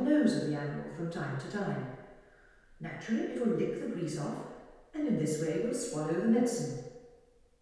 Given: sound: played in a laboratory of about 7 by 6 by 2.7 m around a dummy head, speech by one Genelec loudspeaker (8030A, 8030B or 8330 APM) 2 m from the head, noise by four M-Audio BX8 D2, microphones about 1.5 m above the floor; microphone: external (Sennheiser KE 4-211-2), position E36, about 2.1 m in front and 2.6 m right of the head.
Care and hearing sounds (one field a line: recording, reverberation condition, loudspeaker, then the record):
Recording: female speech in English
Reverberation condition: high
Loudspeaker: 120 degrees to the left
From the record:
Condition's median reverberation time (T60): about 1300 ms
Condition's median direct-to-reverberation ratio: about -4.0 dB